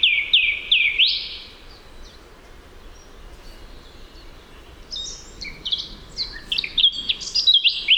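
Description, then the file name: Eurasian blackcap song: a couple of upward-sweeping notes, a quiet pause, then a hurried jumble of high chirps and twitters toward the end. "Sylvia atricapilla"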